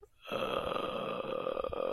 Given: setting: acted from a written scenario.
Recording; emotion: vocal sound without words; confusion